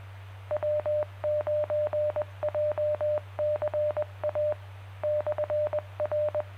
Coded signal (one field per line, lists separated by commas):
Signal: Morse code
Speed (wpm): 20 wpm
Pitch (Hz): 600 Hz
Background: none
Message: W9JCA /R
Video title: Jay County Amateur Radio Club Tuesday Net at 7 PM on 2-9-2021